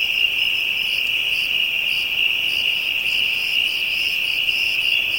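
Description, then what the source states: Insect chorus, a constant piercing hum overlaid by rhythmic higher buzzy pulses. African insects, ambient soundscape.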